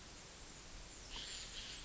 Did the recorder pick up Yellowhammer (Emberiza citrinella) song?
no